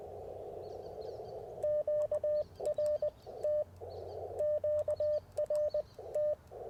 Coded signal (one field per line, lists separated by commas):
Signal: Morse code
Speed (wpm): 20 wpm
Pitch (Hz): 600 Hz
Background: none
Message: QRT QRT